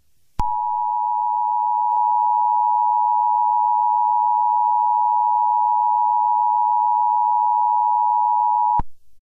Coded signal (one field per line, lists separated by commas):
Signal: Emergency Alert System (SAME) tones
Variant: 853 and 960 Hz attention tone